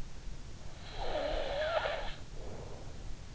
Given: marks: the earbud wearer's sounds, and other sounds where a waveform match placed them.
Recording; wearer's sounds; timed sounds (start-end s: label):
sounds in sleep by an in-ear microphone; snoring breath
0.88-3.16 s: snoring breath